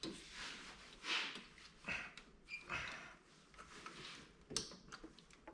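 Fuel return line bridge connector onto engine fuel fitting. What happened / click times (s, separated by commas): The plastic line fitting snapped onto its connection / 4.6 s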